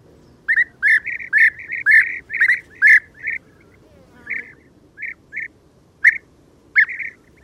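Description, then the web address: European bee-eater calls, a burst of purring, trilled "prruit" notes in quick succession, a short pause, then scattered single calls. "Ptaki Żołna"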